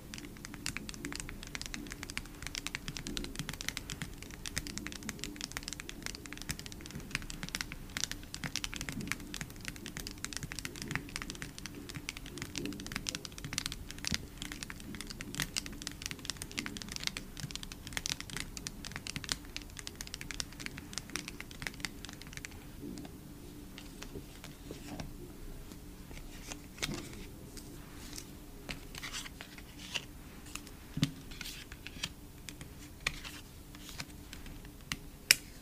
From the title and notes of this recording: Asmr photocard collection. Photocard tapping. Blue yeti microphone.